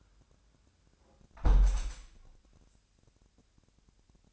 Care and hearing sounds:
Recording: daily activity, microphone in the room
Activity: close window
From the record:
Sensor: 2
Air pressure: 1000.3 hPa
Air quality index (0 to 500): 129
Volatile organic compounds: 2 ppm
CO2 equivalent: 1078 ppm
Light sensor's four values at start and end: 12/33/13/15 and 11/31/12/14

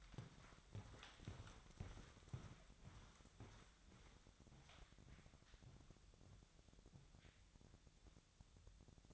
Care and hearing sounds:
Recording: daily activity, microphone in the room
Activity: walk to room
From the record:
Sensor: 3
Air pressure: 999.4 hPa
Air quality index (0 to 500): 196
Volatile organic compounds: 43 ppm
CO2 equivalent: 3194 ppm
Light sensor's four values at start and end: 8/19/7/7 and 8/19/8/7

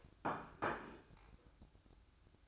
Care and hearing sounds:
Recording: daily activity, microphone in the room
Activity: place plate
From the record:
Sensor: 2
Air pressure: 1007.4 hPa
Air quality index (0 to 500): 41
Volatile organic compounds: 1 ppm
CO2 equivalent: 543 ppm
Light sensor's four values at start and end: 7/17/7/7 and 7/17/7/7

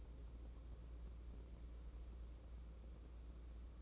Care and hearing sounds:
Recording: daily activity, microphone in the room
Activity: take from stove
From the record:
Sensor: 1

